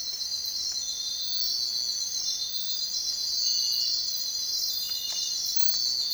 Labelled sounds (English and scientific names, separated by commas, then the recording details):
none
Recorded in secondary vegetation near Puerto Asís, Putumayo, Colombia, on 22 June 2025 at 04:30
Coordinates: 0.499, -76.323
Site G077